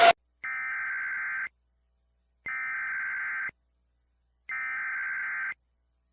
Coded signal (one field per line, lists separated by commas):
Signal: Emergency Alert System (SAME) tones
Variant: header bursts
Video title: Rating more Regions EAS Alarms! Pt.28 | Thank you for 680 Subscribers!